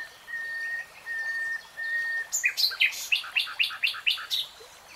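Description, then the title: Nightingale song: three long, level whistled notes, then a rhythmic run of loud, sharp chirps. Singing in real time, from a three-hour real-time recording. "[Tiếng chim hót] 3 Hours REALTIME Nightingale Singing"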